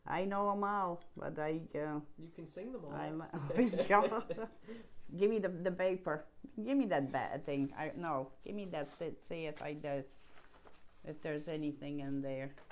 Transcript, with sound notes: I know them all, but I —
You can sing them all. [Laughs]
Give me the paper. Give me that thing. No, give me that — see if I — if there's anything in there